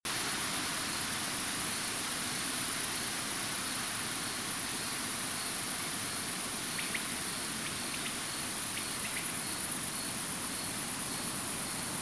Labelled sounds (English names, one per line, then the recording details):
unidentified animal sound
Common Quail
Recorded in France